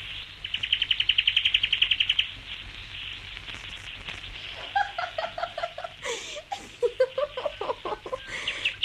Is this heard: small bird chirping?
yes